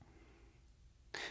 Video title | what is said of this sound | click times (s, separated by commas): How to Use a Spiromax Inhaler | open the mouthpiece cover by folding it down until you hear a loud click only open the inhaler | 1.2 s